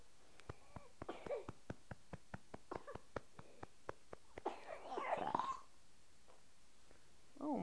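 Steady clicking, then a brief voiced burp and cough burst from an infant, followed by a soft infant sound.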